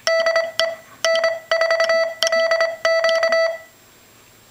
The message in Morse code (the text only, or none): DE N4LQ